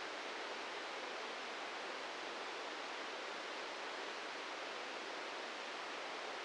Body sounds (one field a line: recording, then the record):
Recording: brain microelectrode recording played as sound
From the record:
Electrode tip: inside the subthalamic nucleus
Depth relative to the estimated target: 1 mm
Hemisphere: right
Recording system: NeuroSet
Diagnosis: Parkinson's disease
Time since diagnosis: 13 years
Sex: male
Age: 63 years